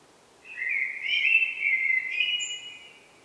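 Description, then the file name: Eurasian blackbird uttering a sustained, wavering whistled phrase lasting nearly three seconds, with brief thin high notes overlapping it. "Turdus merula"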